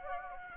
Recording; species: mosquito wingbeat signal from an infrared sensor; Anopheles gambiae